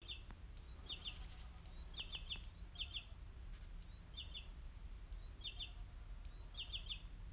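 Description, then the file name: Great tit giving repeated call phrases, a high sharp note followed by a run of lower chattering notes, groups coming about every second over faint background hum. "Parus major"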